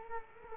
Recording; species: mosquito wingbeat signal from an infrared sensor; Culex quinquefasciatus